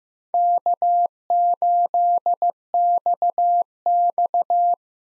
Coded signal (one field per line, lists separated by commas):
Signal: Morse code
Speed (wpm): 15 wpm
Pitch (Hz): 700 Hz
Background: none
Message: K8XX